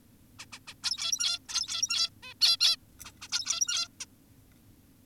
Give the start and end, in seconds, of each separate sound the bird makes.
0.39-0.46, 0.52-0.59, 0.68-0.74, 0.84-1.39, 1.49-2.10, 2.23-2.34, 2.41-2.57, 2.60-2.76, 3.05-3.12, 3.22-3.28, 3.32-3.88, 4.00-4.06